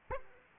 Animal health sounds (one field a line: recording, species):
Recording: mosquito wingbeat signal from an infrared sensor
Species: Aedes aegypti